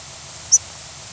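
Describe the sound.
Yellow-rumped warbler call: one brief, sharp, very high chip note in the middle, over faint steady hiss.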